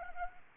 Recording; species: mosquito wingbeat signal from an infrared sensor; Anopheles arabiensis